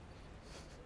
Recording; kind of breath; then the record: one breath in and out by a microphone near the nose and mouth; strong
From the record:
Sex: male